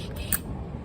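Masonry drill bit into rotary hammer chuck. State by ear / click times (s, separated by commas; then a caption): seated / 0.3 s. A larger steel SDS masonry drill bit is pushed into a rotary hammer chuck after the chuck collar is pulled back and the bit is turned to find the spot. A sharp, bright click rings out at 0.3 s over a steady low rumble. The bit snaps into place and locks, fully seated.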